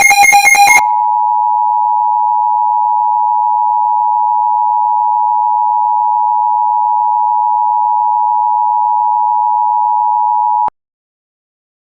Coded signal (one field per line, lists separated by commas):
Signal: Emergency Alert System (SAME) tones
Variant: 853 and 960 Hz attention tone